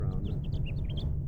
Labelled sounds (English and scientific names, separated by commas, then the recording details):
House Finch (Haemorhous mexicanus) song
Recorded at Oceanside on Long Island, New York, on 17 June 1975
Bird E